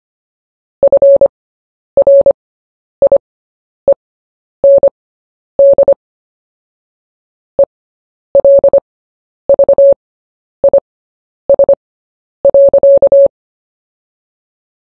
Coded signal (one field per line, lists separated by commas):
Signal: Morse code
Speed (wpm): 25 wpm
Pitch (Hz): 560 Hz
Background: none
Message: FRIEND ELVIS.